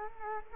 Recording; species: mosquito wingbeat signal from an infrared sensor; Culex quinquefasciatus